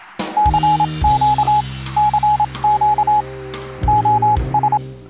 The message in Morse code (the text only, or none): CQ CQ OS